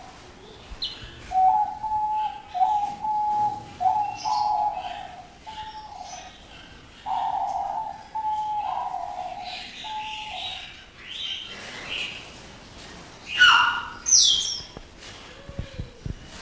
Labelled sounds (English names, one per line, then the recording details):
Diamond Dove song
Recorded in captivity
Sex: male
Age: adult
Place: Zoo Berlin, Berlin, DE
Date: 2001-01-05 13:06
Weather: overcast, 5°C
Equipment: Nagra SN, Kopie Uher 4000 Report Monitor
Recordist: Tembrock, Günter